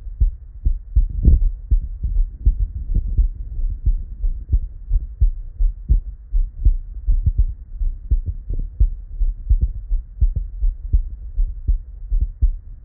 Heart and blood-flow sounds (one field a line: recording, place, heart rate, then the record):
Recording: heart sounds by stethoscope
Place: Erb's point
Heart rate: 83 bpm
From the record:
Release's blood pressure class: normal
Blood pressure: 114/68 mmHg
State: at rest